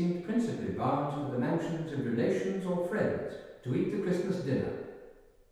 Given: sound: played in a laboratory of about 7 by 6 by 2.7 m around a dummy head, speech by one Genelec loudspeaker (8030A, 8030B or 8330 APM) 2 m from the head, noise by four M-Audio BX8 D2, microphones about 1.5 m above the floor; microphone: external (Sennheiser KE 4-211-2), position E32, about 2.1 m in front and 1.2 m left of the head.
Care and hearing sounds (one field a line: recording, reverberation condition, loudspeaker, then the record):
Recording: male speech in English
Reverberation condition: high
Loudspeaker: 120 degrees to the right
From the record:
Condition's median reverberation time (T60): about 1300 ms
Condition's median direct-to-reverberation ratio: about -4.0 dB